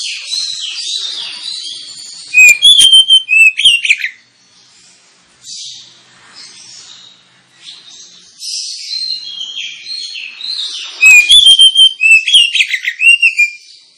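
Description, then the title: Oriental magpie-robin song, bursts of loud sweet whistles and quick slurred notes alternating with softer scratchy warbling and brief pauses. Lure (pancingan) recording of a kacer meant to provoke other kacer birds into singing and fighting; described as persistent 'full tembakan' singing, making birds 'ngeplong gacor'. "Kacer Langsung Tarung Konslet KACER NGOTOT FULL TEMBAKAN. Kacer dimana SAJA Bakalan NGEPLONG GACOR dengan Pancingan Kacer ini"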